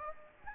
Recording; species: mosquito wingbeat signal from an infrared sensor; Anopheles gambiae